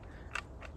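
The integrated cocking crank lever of a Wicked Ridge M-370 crossbow is moved into the groove of a plastic holder on the crossbow stock, and the plastic piece makes some noise. A sharp snap at 0.4 s marks the lever locking into place, followed by a fainter tick around 0.7 s over a low background hum. The lever is seated in the groove.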